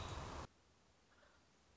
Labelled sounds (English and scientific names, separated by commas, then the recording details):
American Robin (Turdus migratorius)
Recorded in Sonoma County, California